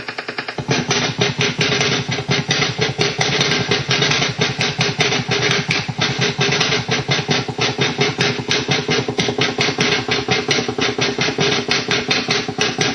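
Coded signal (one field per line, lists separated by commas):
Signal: radar signal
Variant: over-the-horizon radar, 10 Hz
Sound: harsh rapid rhythmic knocking buzz, roughly ten pulses per second, steady throughout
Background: radio static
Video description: I caught this strange OTHR like signal while surfing the websdr site sounding very much like the old classic Russian Woodpecker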